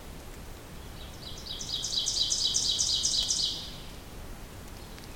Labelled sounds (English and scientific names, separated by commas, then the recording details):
Ovenbird (Seiurus aurocapilla) song
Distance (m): 25 m
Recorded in boreal forest in Alberta, Canada, on 2 June 2016 at 08:45
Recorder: SongMeter 3, array SBT-3-7
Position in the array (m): 21 m, 129 m
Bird 4